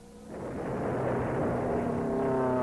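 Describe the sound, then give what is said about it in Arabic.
An aircraft roars overhead: a loud, broad engine rumble swells in after a brief quieter start, carrying steady droning tones that slowly drift in pitch, with no voices. “اهي يا شويش محمد. ايوه اهي اهي”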